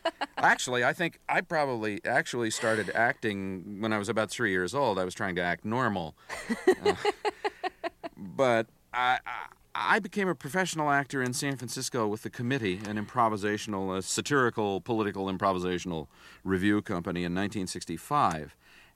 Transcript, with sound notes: Actually, I think I probably actually started acting when I was about 3 years old. I was trying to act normal.
(Laughter).
But I became a professional actor in San Francisco with a committee, an improvisational - satirical, political, improvisational review company in 1965.